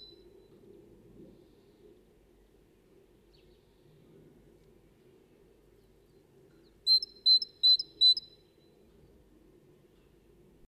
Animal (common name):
Great Tit